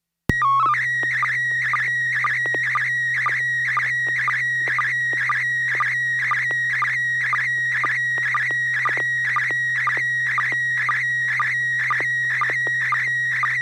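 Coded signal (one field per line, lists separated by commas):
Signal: SSTV (slow-scan television)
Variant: PD 120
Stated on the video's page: SSTV net on an FM repeater on 441.300 MHz in Sacramento, sent with MMSSTV 1.13A software.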